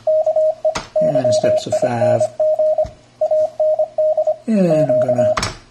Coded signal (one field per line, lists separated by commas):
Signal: Morse code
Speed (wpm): 25 wpm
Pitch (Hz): 630 Hz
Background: speech, radio noise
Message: KEYING AND Q